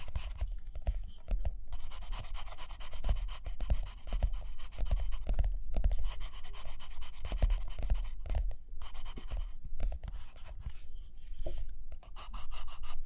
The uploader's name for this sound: Page Turning and Tapping, Writing, Drawing